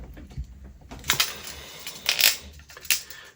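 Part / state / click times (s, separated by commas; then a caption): wooden model part onto another plywood part of a mechanical kit / seated / 2.9 s. A waxed laser-cut plywood part of a wooden mechanical model kit is pushed all the way down over plywood part number five. Woody scraping and clacks are heard at about 1.1 and 2.1 to 2.2 seconds. A sharp snap at 2.9 seconds marks the part seating in place on the peg.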